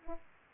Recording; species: mosquito wingbeat signal from an infrared sensor; Aedes aegypti